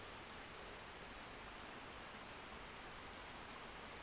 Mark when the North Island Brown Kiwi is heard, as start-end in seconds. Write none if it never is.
none